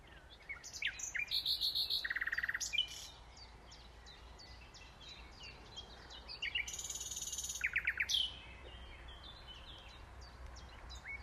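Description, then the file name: Common nightingale song in two bold phrases, each a rapid run of repeated notes, separated by quieter twittering. "Luscinia megarhynchos"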